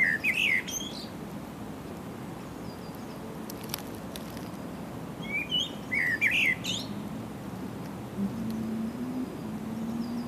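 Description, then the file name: Common blackbird singing two short fluted phrases, near the start and around six seconds, each ending in a high squeaky twitter. "Turdus merula"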